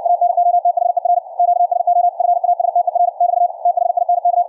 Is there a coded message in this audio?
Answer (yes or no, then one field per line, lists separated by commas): yes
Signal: Morse code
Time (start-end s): 0.1-4.4 s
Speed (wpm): 60 wpm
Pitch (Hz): 700 Hz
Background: radio noise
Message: ANOTHER QSO FASTER <BT> THINK